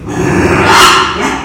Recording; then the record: squeal of a Yucatan mini pig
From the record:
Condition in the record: after surgery on the right vocal fold (resection and tissue-engineered implant); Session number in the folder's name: 4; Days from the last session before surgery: 42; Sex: male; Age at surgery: 12 weeks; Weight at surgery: 13 kg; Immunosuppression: cyclosporine, prednisolone